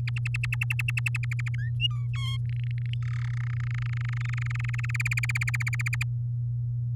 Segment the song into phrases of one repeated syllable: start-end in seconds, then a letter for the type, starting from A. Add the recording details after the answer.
0.07-1.55 A, 1.58-1.71 B, 1.79-2.07 C, 2.13-2.37 D, 2.49-2.94 E, 3.02-3.35 F, 3.37-4.91 G, 4.94-6.03 H. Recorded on 7 May 2018 at 14:02. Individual llb16